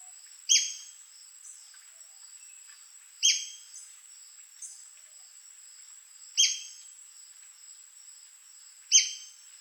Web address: White crested spadebill. دانلود-صدای-پرنده-بیلچه-نوک-کاکل-سفید